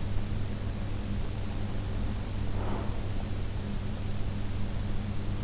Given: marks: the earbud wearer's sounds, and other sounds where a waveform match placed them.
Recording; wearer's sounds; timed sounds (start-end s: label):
sounds in sleep by an in-ear microphone; breath
2.26-3.04 s: breath